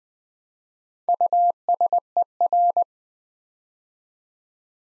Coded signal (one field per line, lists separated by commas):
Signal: Morse code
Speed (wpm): 20 wpm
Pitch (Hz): 700 Hz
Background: none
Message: USER